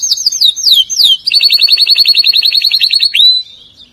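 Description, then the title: Canary song: a few high, falling notes, then a fast, evenly repeated rolling trill that ends in a rising slur. "Kenari"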